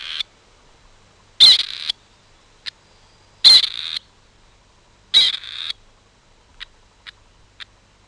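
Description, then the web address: Gray Partridge calls: three harsh, rasping, grating notes about half a second long, roughly two seconds apart, with a few faint short clicks between and after them. "Peterson North American Birds iso sound grpa"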